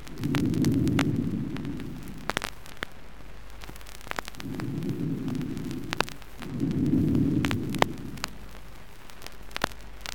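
Harsh, hollow bronchial breath sounds with loud, long phases and stethoscope clicks, heard in an adult's chest above a pleural exudate in exudative pleurisy; over the area of dullness breath sounds are not conducted.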